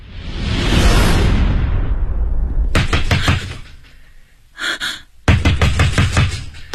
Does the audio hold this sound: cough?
no